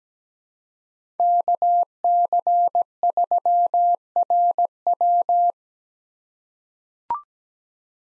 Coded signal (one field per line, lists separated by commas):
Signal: Morse code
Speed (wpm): 17 wpm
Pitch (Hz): 700 Hz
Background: none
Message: KC3RW